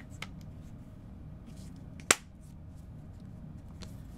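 The back cover of a hard phone case, with a MagSafe ring and a frosted clear back surrounded by hard rubber, is pressed onto a Galaxy Z Fold 5 foldable phone, the same way as the front piece. A small sharp click comes at 0.2 s and a much louder, crisp snap at 2.1 s over a low steady background hum, with faint ticks around them. The back cover snaps into place and is seated.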